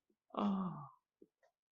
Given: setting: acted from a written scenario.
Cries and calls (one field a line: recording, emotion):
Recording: vocal sound without words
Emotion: pain